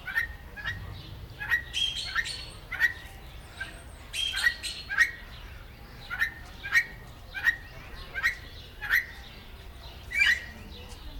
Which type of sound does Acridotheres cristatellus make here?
call